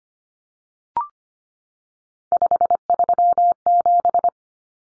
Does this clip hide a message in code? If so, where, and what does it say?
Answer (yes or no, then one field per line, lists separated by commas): yes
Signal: Morse code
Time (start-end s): 2.3-4.3 s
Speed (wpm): 25 wpm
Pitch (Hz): 700 Hz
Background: none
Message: 537